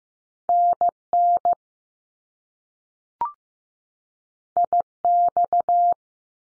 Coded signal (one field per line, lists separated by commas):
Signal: Morse code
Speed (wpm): 15 wpm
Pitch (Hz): 700 Hz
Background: none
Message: N N I X